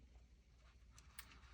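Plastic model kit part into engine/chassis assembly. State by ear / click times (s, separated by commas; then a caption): seated / 1.2 s. A plastic part from an AMT Corvette ZR1 scale model car kit is pressed onto the engine/chassis assembly over a low steady hum. A faint tick comes at 1.0 s, then a sharper click at 1.2 s as the part locks into place.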